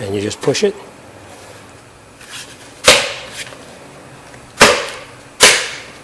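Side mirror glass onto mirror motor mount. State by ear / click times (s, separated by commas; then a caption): seated / 2.9 s, 4.6 s. Side mirror glass is lined up with the pins on the mirror housing and pushed onto its plastic motor mount while someone talks. Sharp snaps ring out at 2.9 s and 4.6 s, with another similar snap near 5.4 s. The glass snaps into place and is seated on the mount.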